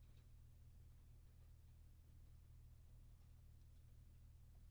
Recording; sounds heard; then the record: poultry house recording; no chicken sound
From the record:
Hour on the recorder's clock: 23